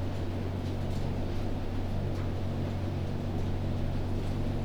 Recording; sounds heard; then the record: poultry house recording; no chicken sound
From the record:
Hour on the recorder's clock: 0